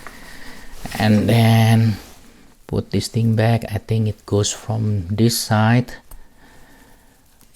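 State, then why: Seated. Someone talks while a smartwatch band connector is slid slowly into the watch case slot from the correct side. A short, faint click is heard at 7.4 s as the band piece goes fully into the slot, seated.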